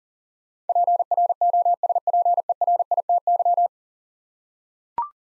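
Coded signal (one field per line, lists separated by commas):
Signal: Morse code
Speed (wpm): 40 wpm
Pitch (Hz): 700 Hz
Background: none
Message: PROSPERITY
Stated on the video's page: Morse code drill of 10-letter words at 40 wpm, each word sent twice.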